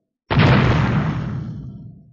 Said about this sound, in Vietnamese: Cục xương lao hướng mặt đất, tiếng nổ ngập trời. Mặt đất chấn động chưa từng có, làm cho mấy vạn người xung quanh trốn ra ngoài.